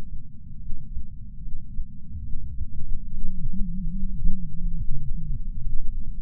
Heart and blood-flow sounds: heart sounds by patch sensor on the chest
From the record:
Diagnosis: coronary artery disease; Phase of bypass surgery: postoperative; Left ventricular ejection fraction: 62.4%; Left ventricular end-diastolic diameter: 42 mm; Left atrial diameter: 34 mm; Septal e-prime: 9 cm/s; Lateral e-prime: 10 cm/s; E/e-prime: 10.4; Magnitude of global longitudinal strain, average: 12.8%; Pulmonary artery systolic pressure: 24 mmHg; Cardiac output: 5.9 L/min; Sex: male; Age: 63 years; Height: 165 cm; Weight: 70 kg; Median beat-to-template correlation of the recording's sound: 0.92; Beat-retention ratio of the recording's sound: 0.96

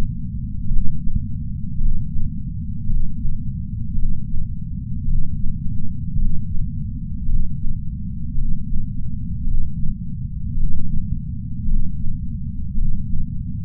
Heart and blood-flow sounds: heart sounds by patch sensor on the chest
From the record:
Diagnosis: coronary artery disease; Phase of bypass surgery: intraoperative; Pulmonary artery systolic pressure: 24 mmHg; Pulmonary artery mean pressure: 20 mmHg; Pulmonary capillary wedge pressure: 12 mmHg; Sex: male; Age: 60 years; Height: 170 cm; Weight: 103 kg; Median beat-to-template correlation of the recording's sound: 0.88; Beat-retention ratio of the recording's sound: 0.98

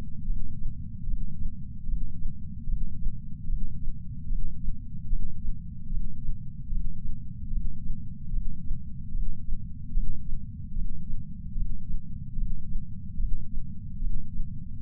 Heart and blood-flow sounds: heart sounds by patch sensor on the chest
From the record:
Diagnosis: coronary artery disease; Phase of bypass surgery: intraoperative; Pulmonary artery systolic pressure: 24 mmHg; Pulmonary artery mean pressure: 17 mmHg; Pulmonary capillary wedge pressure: 7 mmHg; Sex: male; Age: 66 years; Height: 176 cm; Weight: 74.5 kg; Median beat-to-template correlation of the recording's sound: 0.83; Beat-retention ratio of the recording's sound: 1.00

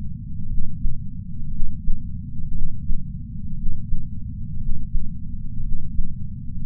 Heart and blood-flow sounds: heart sounds by patch sensor on the chest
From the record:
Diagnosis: coronary artery disease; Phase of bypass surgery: intraoperative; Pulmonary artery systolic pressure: 25 mmHg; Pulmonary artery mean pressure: 17 mmHg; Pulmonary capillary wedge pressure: 11 mmHg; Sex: male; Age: 62 years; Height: 172 cm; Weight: 60 kg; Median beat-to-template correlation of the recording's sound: 0.91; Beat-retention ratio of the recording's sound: 1.00

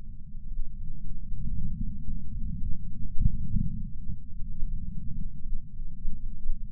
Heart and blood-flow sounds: heart sounds by patch sensor on the chest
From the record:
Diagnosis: coronary artery disease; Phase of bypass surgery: intraoperative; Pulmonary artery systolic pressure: 28 mmHg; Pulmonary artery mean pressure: 14 mmHg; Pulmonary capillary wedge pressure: 11 mmHg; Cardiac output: 5.5 L/min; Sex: male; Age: 57 years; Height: 175 cm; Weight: 80 kg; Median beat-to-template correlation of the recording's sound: 0.94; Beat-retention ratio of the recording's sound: 0.97

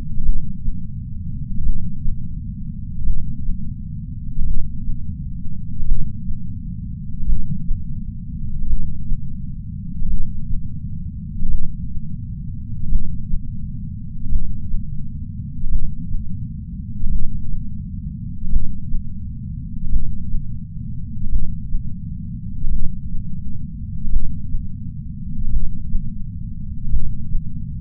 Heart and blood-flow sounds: heart sounds by patch sensor on the chest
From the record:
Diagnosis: coronary artery disease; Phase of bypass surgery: intraoperative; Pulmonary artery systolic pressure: 27 mmHg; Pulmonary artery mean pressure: 20 mmHg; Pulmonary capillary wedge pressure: 14 mmHg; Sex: female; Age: 68 years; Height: 155 cm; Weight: 56 kg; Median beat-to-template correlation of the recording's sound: 0.95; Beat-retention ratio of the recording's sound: 1.00

